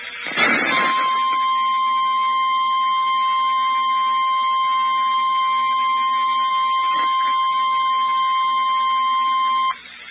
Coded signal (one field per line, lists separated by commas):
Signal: Emergency Alert System (SAME) tones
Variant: 1050 Hz attention tone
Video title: TOR Here, TOR There.... EAS Alerts from 11/26/19 (EAS #172-179)